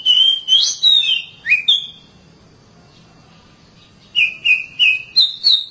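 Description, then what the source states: Oriental magpie-robin song: rich whistled phrases with rising and falling slurs, a two-second pause, then a run of repeated sweet downslurred notes. Long-duration song.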